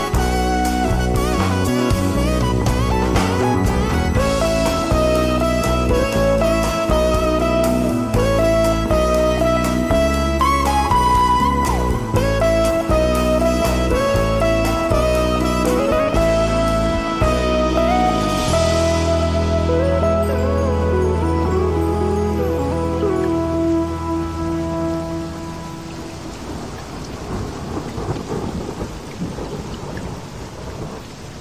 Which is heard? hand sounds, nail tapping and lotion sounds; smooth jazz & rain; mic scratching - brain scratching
smooth jazz & rain